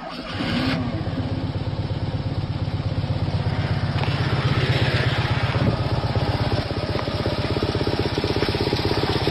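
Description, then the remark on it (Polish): The engine of an old Polish maluch car starts and settles into a steady, rough idle, a loud low rumble with a rapid rhythmic putter that runs unbroken for several seconds with no talking. “Rozpoznaje pan? Miał pan taki samochód?”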